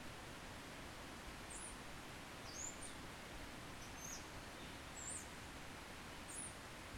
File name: Quebrada La Vieja - canto de ave cerca de sendero